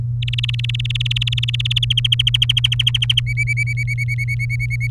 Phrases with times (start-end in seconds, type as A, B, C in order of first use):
0.22-1.93 A, 1.97-3.20 B, 3.27-4.87 C